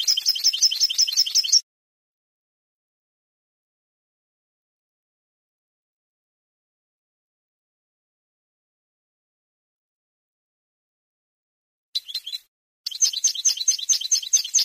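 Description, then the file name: European goldfinch twittering song in two bursts, one at the start and one near the end, separated by a long silence. "suara burung chardonneret atau goldfinch eropa om kicau"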